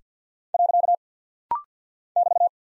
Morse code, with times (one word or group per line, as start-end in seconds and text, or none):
0.5-0.9 .
2.2-2.5 <BT>